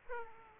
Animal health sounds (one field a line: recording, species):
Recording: mosquito wingbeat signal from an infrared sensor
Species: Aedes aegypti